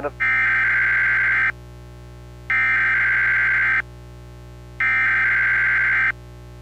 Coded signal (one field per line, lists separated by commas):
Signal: Emergency Alert System (SAME) tones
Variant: header bursts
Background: speech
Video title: EAS Mock 13: EXK50 Required Monthly Test